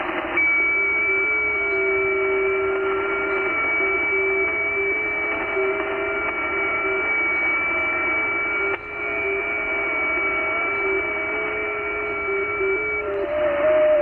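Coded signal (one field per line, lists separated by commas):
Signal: FT8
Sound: several soft steady warbling tones at once, pitches shifting in small steps, over hiss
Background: radio static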